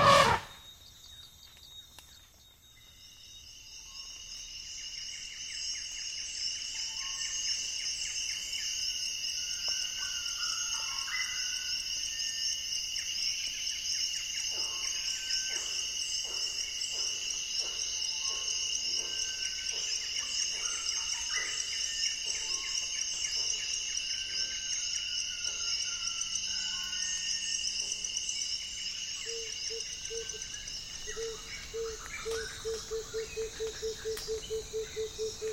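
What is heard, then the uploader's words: Rainforest ambience with a dense, steady insect chorus of high shrill tones, scattered bird chirps, and a repeating mid-pitched trill near the end. African Jungle is a huge collection of unique ambiences recorded in Central Africa's Congo Basin rainforests.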